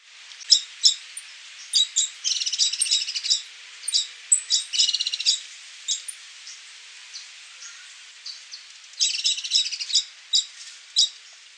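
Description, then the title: Bran-colored Flycatcher song: a busy stream of high chirps and rapid trilled bursts, with brief pauses and then renewed bursts, and no low sounds. Subspecies rufescens. "LuckyPassaro Completos2Sama. Bran-colored Flycatcher (Myiophobus fasciatus rufescens)"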